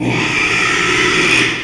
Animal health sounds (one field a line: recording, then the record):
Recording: squeal of a Yucatan mini pig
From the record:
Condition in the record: after surgery on the right vocal fold (resection and tissue-engineered implant)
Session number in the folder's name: 1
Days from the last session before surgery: 6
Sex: male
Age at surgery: 12 weeks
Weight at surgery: 13 kg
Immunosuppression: cyclosporine, prednisolone